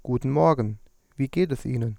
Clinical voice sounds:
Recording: spoken sentence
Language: German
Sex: male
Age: 30 to 39 years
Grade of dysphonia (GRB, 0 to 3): 0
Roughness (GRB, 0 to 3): 0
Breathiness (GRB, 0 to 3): 0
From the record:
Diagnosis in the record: healthy voice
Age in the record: 31 years

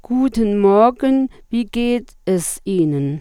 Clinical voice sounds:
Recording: spoken sentence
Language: German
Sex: female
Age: 40 to 49 years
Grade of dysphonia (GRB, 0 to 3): 2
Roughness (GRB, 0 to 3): 0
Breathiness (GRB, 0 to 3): 1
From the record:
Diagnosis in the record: psychogenic dysphonia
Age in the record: 47 years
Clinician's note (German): Funktionell psychogene Dysphonie, Reflux!, dicke Stimmlippe

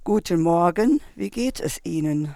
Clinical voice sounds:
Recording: spoken sentence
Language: German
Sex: female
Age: 50 to 59 years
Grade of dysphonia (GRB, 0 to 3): 2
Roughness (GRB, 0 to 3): 1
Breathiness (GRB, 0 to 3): 2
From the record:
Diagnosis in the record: functional dysphonia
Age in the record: 58 years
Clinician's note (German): Leichte funktionelle Dysphonie

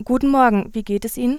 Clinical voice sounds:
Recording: spoken sentence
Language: German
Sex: female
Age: 20 to 29 years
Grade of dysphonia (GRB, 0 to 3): 0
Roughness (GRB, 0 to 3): 0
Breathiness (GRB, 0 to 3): 0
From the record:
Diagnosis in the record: healthy voice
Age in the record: 20 years

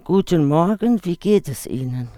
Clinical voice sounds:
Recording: spoken sentence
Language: German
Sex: female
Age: 60 to 69 years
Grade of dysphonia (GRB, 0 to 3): 2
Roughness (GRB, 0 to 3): 0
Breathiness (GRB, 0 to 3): 2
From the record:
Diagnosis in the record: functional dysphonia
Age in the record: 62 years

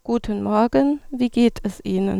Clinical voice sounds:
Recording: spoken sentence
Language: German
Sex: female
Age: 40 to 49 years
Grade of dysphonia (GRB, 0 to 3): 2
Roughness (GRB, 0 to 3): 0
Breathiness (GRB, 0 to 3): 1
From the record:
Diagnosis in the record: dysodia (singing voice disorder)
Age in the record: 40 years

